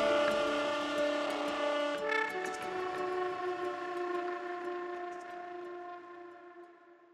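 A train passes through a station, sounding a long, sustained horn over a rolling rumble; the steady tone shifts slightly in pitch midway, then slowly fades out.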